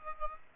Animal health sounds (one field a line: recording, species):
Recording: mosquito wingbeat signal from an infrared sensor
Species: Aedes aegypti